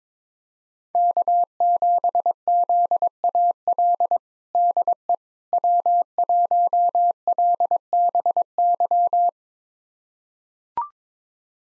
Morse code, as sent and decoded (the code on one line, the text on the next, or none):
-.- --... --.. .- .-.. / -.. . / .-- .---- .-.. -... -.--
K7ZAL DE W1LBY